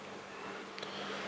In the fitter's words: Lid doesn't click into place.